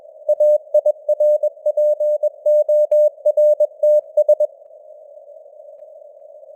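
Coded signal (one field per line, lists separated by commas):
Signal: Morse code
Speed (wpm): 21 wpm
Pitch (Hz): 600 Hz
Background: none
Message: AIRPORTS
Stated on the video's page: Morse code news headlines at 21 wpm with simulated radio noise and varying signal strength (QSB).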